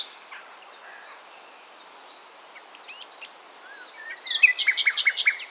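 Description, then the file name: Common nightingale song: faint, scattered notes at first, then a brief phrase of loud, evenly repeated notes at the end. "Luscinia megarhynchos"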